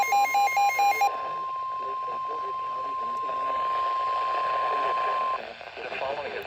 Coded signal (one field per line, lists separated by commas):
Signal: Emergency Alert System (SAME) tones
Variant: 1050 Hz attention tone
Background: speech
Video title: EAS FLASH FLOOD WARNING ON KZZ81 NOAA RADIO (7/14/2024) EAS #404